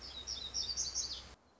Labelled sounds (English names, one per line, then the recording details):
Black-throated Gray Warbler
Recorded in Sonoma County, California